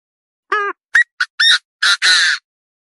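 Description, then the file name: Partridge calling once: a tonal first note, three short upslurred notes, then two broad, raspy squawks. "Tieng ga go"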